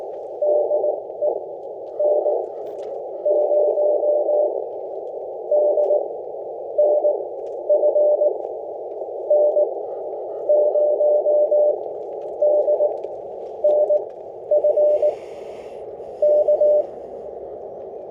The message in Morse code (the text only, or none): DE N0DNF N0DNF K